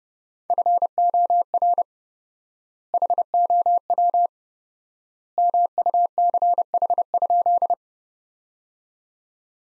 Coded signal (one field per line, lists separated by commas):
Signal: Morse code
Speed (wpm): 30 wpm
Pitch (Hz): 700 Hz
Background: none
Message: FOR HOW MUCH?